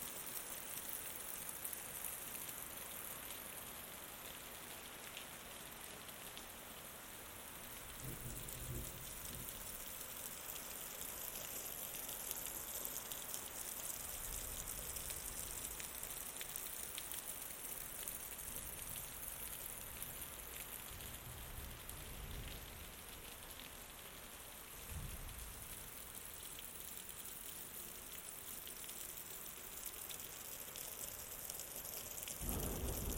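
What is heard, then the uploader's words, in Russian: Night downpour falls in a dense, steady hiss with bright crackling drops, brief low rumbles around 8, 15 and 25 seconds, and running water beneath. Звуками ночного ливня, грома, текущих потоков воды. Капли субтропического дождя. Формата 3D.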